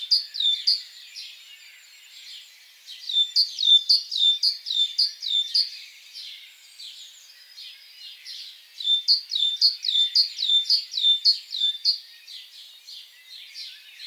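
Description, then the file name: Great tit with repeated bursts of rapid, clipped, descending notes, separated by brief quieter gaps. "Parus major"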